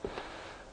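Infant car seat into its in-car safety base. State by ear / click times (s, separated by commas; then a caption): seated / 0.0 s. An infant car seat from the Graco Quattro Tour Deluxe TSB set, with its Junior Auto baby safety base, is lowered onto the base that stays in the car and clicks into place at 0.1 s. A single short, sharp click is heard, and the seat is correctly fitted.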